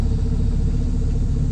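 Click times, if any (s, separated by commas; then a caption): none. A truck backs under a trailer so its steel fifth wheel jaws can close around the trailer kingpin, with a steady low engine rumble like idling throughout. Nothing has seated or clicked yet; the clip ends just before the kingpin locks home.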